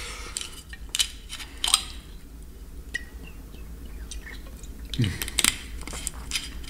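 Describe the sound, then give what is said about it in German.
Someone sips water: soft wet mouth clicks and slurps come in a few short bursts, with a faint swallow and a glassy tick in between, over quiet background hiss. “So, jetzt muss ich erstmal nochmal einen Schluck Wasser trinken.”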